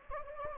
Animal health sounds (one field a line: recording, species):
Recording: mosquito wingbeat signal from an infrared sensor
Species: Anopheles gambiae